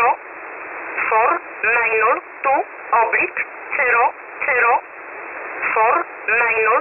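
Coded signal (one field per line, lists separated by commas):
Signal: numbers station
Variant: E11 Oblique, English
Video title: 28 08 2021 Number station E11 Oblique in English to Eu 0730 on 7377 unknown tx site in USB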